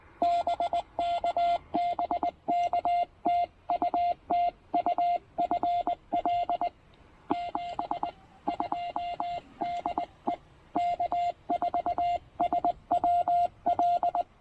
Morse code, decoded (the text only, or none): BK BK TU TU FL 72 DE K4SWL